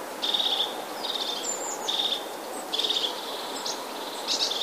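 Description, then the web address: Crested Tit call: several short, rapid purring trills with a thin higher note between, over constant hiss. "wroblowe ptaki czubatki"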